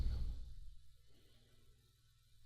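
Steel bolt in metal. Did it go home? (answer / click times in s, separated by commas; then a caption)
no / none. A bolt is placed into a hole whose threads are chewed up and stripped out, then turned to tighten it, but it never bites and just spins freely. A low, rumbling burst in the first half second fades to a quiet, faint hum for the rest of the clip. Nothing has seated or clicked yet; the bolt won't tighten because the threads inside the hole are stripped.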